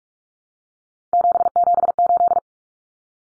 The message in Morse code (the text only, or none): 778